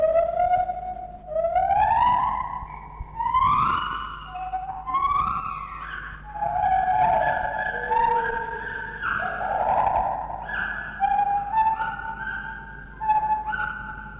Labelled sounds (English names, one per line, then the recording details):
Lar Gibbon
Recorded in captivity
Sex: pair
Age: adult
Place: Zoo Berlin, Berlin, DE
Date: 1960-11-05 12:00
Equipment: Minifon, Kopie Smaragd
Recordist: Tembrock, Günter
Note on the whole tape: Paar: Rufreihen nach Fütterung, sie beginnt (dunklere Crescendo-Reihe; zweistrophig) er fällt ein (hellere zweisilbige Laute, auch Triller). Sie zwischen den Rufreihen dunkle klangvolle Einzellaute. Abstand 6 - 9 m